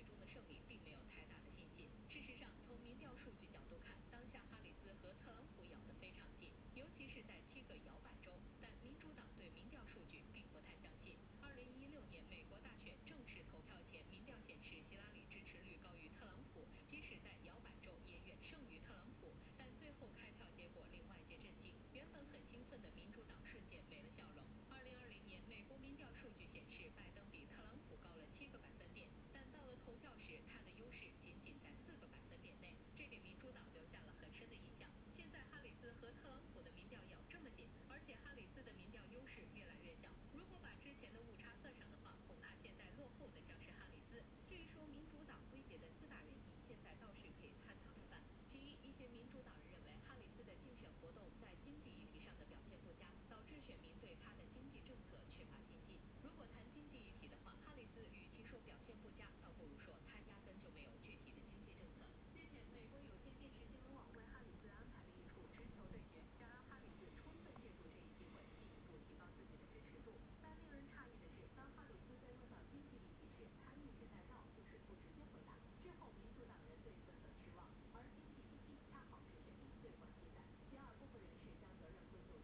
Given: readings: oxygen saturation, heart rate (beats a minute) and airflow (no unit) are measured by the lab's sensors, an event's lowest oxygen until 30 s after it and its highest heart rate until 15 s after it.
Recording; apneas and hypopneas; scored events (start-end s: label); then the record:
a person awake in a sleep study, by a voice recorder at the bedside; none
0.00-82.44 s: awake
From the record:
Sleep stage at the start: awake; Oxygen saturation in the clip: 95 to 96%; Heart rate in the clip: 67 to 82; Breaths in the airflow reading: 15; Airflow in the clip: -11.5 to 10.0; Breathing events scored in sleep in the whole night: 131 in 7.2 hours asleep